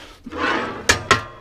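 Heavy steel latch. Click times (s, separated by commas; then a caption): 0.9 s, 1.1 s. The moving rack and wedge assembly of a 7-ton electric and 2-stroke gas kinetic log splitter is pushed along, giving a rising broadband rush. Two loud, sharp metallic clunks follow at 0.9 s and 1.1 s as the rack locks into place on the splitter.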